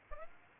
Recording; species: mosquito wingbeat signal from an infrared sensor; Aedes albopictus